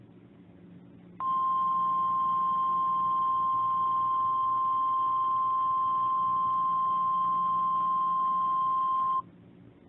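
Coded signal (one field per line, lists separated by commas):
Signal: Emergency Alert System (SAME) tones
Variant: 1050 Hz attention tone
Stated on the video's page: Actual EAS alert tones in a fictional EAS scenario.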